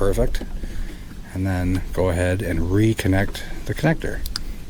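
A wiring harness connector is handled as it is about to be pushed back onto the plastic base of a Hawkglow X4F Series H13 LED headlight bulb on a 2023 Jeep Wrangler Rubicon, while someone talks throughout. The clip ends before the connector goes home, so nothing has seated or clicked yet.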